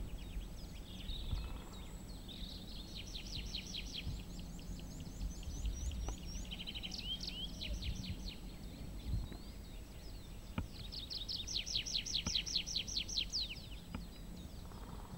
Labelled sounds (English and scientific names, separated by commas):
Tree Pipit (Anthus trivialis)